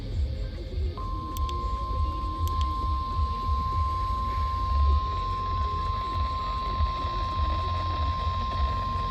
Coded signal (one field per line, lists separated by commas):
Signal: Emergency Alert System (SAME) tones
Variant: 1050 Hz attention tone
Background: music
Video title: 6PM TBW Required Weekly Test - 1/28/26 (EAS #5004)